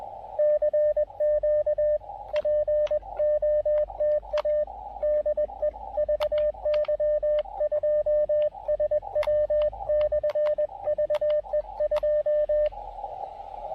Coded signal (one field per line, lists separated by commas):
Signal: Morse code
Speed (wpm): 20 wpm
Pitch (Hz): 600 Hz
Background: radio noise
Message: CQ POTA DE VY2SW/VE2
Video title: Final POTA Activation in Québec: Pairing the Elecraft KX2 and Tufteln EFRW at Cap Tourmente!